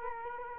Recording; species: mosquito wingbeat signal from an infrared sensor; Culex quinquefasciatus